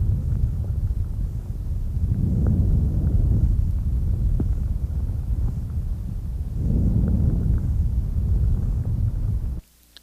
Normal vesicular breath sounds. The relatively soft, low-pitched character of normal vesicular breath sounds, sometimes described as a sighing or gentle rustling are heard over most of the peripheral parts of the lung. The inspiratory phase is markedly longer than the expiratory phase.